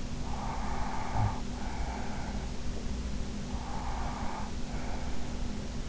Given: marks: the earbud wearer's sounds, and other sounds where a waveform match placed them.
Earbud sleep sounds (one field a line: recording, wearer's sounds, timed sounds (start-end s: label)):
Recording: sounds in sleep by an in-ear microphone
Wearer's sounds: breath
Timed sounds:
0.15-2.58 s: breath
3.44-5.20 s: breath